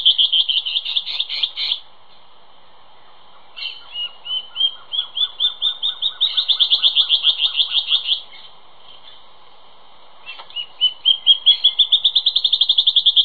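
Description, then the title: Band-tailed antbird song: a quick series of short, clear notes climbing steadily in pitch and speeding slightly, given in several bouts with brief pauses between them. "LuckyPassaro Completos2Sama. Band-tailed Antbird (Hypocnemoides maculicauda)"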